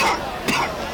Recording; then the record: coughing mixed with background sound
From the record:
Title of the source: Coughing 60